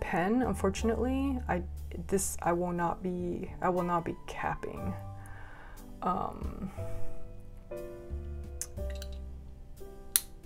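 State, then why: Seated. Someone talks over soft background music while handling a fountain pen, then closes its cap onto the pen body. The cap snaps shut with one sharp click at 10.2 s, though capping is a worry because it may dent the pen's paint.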